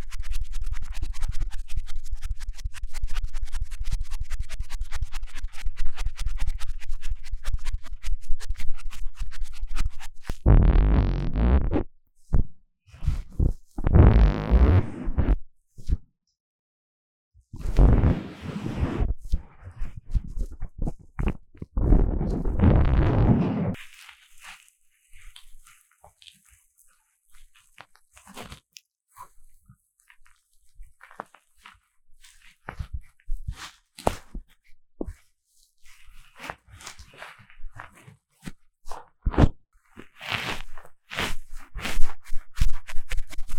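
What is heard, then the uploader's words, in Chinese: Deep ear cleaning with scratchy, rubbing sounds. A low rumble with fine crackle fills the first ten seconds, then four strong bursts of rough scraping come roughly every four seconds. The last stretch is quieter, with scattered sharp clicks and taps. 強烈的耳朵深層清理 | 耳掃除 | Deep Ear Cleaning | NoTalking。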